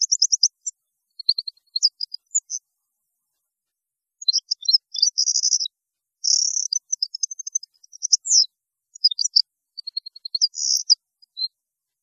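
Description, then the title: European goldfinch song: long runs of high, tinkling twittered notes with buzzy trills, broken by a pause before the chatter resumes. "Chant Chardonneret"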